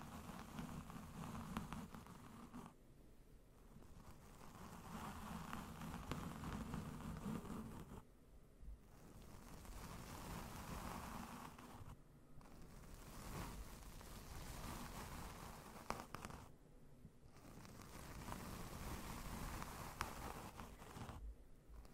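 Slow, gentle brushing across a microphone, a soft rustling hush that swells and fades in long strokes. Each stroke lasts a few seconds, separated by brief quieter gaps near 3, 8, 12 and 17 seconds, with a low rumbling purr-like texture underneath.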